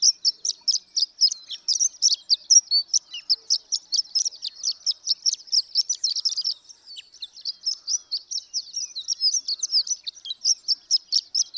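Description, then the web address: Horned lark song: sustained, rapid sequence of high, thin, tinkling notes, fairly even in pace, with a slightly softer stretch in the middle before resuming strongly. "birdsongforthecurious Horned Lark"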